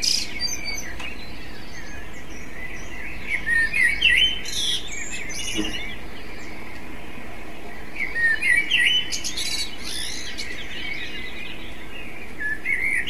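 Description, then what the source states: Common blackbird song in clear phrases several seconds apart, each a fluty warble trailing into scratchy high twitters, with gentle background hiss throughout. Recording device: MZ-N 710.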